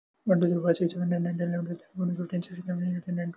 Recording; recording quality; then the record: counting at a fast pace; excellent, no background noise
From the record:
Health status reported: healthy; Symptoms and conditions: none ticked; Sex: male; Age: 22 years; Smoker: not ticked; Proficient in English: yes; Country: India